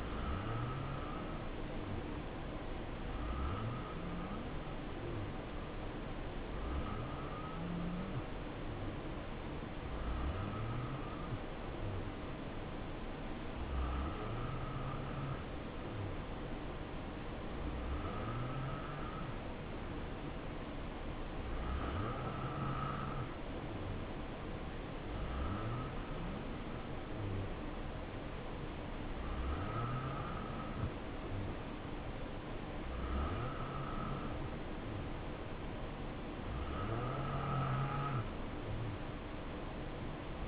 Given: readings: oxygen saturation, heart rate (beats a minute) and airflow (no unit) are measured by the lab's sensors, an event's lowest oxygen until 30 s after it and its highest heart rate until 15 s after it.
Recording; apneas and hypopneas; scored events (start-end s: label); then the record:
breathing in sleep by a voice recorder at the bedside; none
none scored
From the record:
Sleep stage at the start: N2 (light sleep); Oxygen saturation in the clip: 87 to 89%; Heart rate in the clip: 64 to 71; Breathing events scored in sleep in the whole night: 277 in 7.4 hours asleep